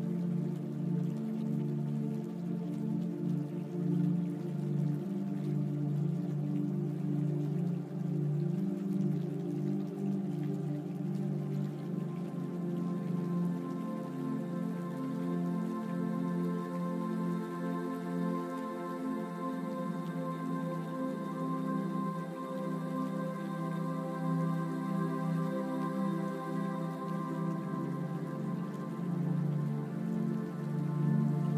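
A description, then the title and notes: Calm ambient music plays with a relaxing brook sound. Steady, sustained low tones hold throughout with a few brighter tones layered above, shifting slowly around the midpoint, while a soft, constant trickle of water runs underneath at an even level. Tranquil Ambient Music Sound with Relaxing Brook.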